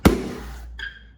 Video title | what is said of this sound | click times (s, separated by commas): Replacing the Indian Scout Bobber stock seat with a Saddlemen | it just never really snaps into place well | none